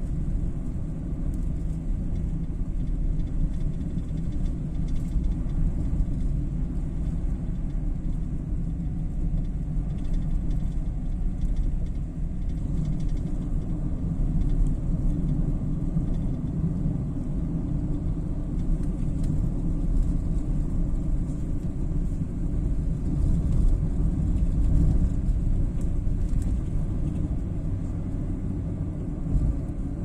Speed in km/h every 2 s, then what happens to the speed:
62, 62, 63, 60, 60, 59, 60, 62, 64, 64, 65, 68, 70, 71, 71.
0-10 steady at about 60. 10-30 speeds up to 71.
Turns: none.